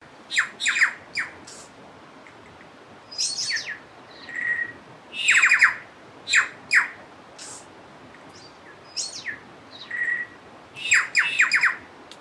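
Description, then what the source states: Bird song of sharp sweeping notes in separated bursts, with two drawn-out steady whistles, pauses of a second or two between phrases. Birds nicknamed Star Wars birds, recorded along the Turangi River loop, New Zealand.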